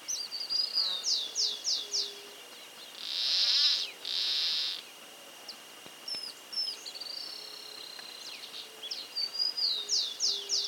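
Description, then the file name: Rufous-tailed plantcutter giving two harsh, buzzy rasping notes back to back midway, with quick series of high notes at the start and end. "cortarramas voz"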